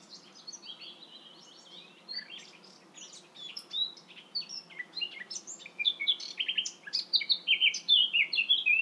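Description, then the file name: Eurasian blackcap song, a fast, high warbling jumble of chattering and whistled notes that starts quietly and grows louder and richer toward the end. "Sylvia atricapilla"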